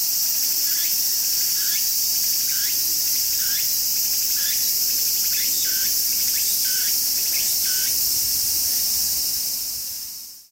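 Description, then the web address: Cicada song: a steady, hissing high-pitched drone runs throughout, with short falling chirps repeated beneath it, fading out at the end. Recorded 19 August 2013 with a digital camera. "dejikame 2 2013 08 08192013 semi"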